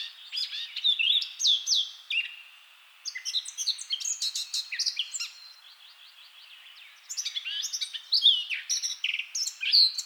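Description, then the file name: Eurasian blackcap song: repeated phrases of quick, rich warbling with scratchy and fluty notes, broken by brief pauses. "Sylvia atricapilla"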